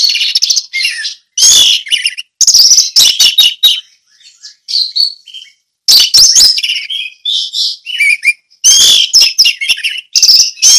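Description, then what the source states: Orange-headed thrush singing almost nonstop, a dense, varied stream of chattering, warbling and whistled notes broken by a few short pauses. Orange-headed thrush singing in the ngeplong song style.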